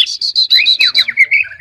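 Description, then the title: Oriental magpie-robin song: quick repeated high notes in a rhythmic string with lower slurred notes, then a few softer whistles. "kacer"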